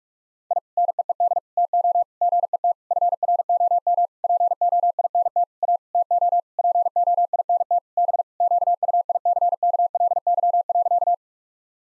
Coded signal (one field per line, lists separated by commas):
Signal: Morse code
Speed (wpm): 41 wpm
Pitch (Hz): 700 Hz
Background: none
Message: I NEED TO GET FROM POINT A TO POINT B QUICKLY.